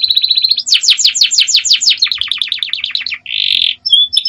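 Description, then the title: Belgian canary singing a fast, continuous run of high trills, shifting from a steady buzzy roll into quick repeated descending notes, then a short rough burst and clipped whistles. Female Belgian canary calling a male; sound meant to warm up, or stimulate, canaries. "Canto Para Esquentar Canário Belga. SUARA BURUNG KENARI BETINA MEMANGGIL JANTAN"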